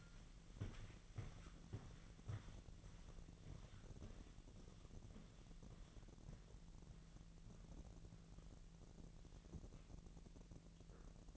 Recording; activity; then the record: daily activity, microphone in the room; walk to room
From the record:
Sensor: 4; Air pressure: 1013.2 hPa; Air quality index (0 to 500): 245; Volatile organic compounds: 4 ppm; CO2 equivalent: 1633 ppm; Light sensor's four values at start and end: 33/78/32/31 and 36/87/36/35